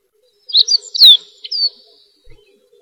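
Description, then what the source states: Bird chirps: bright, high notes in a short burst, a clear descending whistle in the middle, and a closing falling whistle; a faint low rustle underneath. Walking through a home orchard; crisp birdsong heard in the quiet there.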